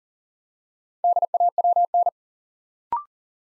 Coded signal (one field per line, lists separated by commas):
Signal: Morse code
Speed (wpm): 39 wpm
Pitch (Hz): 700 Hz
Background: none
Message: DAWN